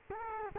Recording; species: mosquito wingbeat signal from an infrared sensor; Culex quinquefasciatus